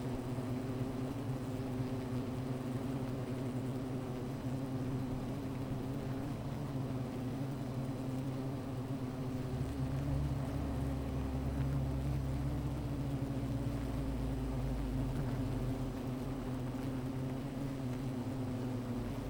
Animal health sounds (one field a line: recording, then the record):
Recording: honeybee colony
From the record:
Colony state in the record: missing queen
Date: 14 July 2017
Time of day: 15:26